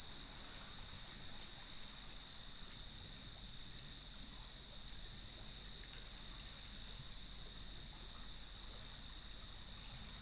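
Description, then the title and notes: Steady high-pitched cricket chorus running without a break, layered over a gentle, continuous roar of water. Evening chorus at sunset on the beach of Lighthouse West Natural Area, Leelanau Peninsula, near gnarled cedar trees; waves in background. "Sounds of Leelanau Peninsula: Lighthouse West Natural Area. As I approached the beach, the sun was just setting, and the crickets made themselves known. Nature is my Jam"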